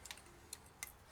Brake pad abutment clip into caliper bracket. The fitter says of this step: And they should just snap right in, just like that.